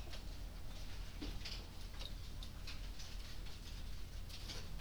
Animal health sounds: poultry house recording; no chicken sound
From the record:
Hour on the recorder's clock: 21

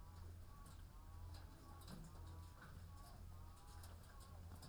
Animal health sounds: poultry house recording; sick chickens (respiratory disease)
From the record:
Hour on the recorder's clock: 14

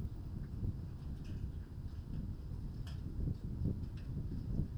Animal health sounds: poultry house recording; no chicken sound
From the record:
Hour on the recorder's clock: 21

